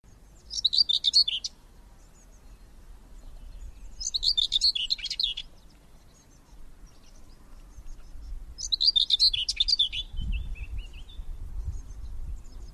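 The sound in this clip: Bird singing three short, high, jumbled twittering phrases spaced roughly four seconds apart, with a faint low rumble underneath.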